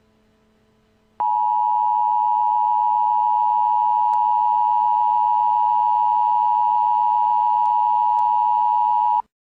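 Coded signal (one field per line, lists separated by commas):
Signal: Emergency Alert System (SAME) tones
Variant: 853 and 960 Hz attention tone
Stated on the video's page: Emergency alert to evacuate immediately.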